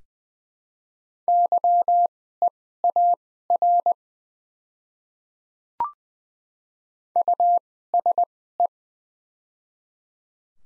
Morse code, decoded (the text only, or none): YEAR USE